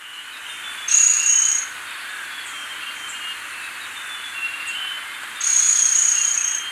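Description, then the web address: White-sided flowerpiercer producing two short, very high buzzy trills several seconds apart, with faint thin notes between them. Recorded in Ecuador. "Birds of Ecuador. White-sided Flowerpiercer"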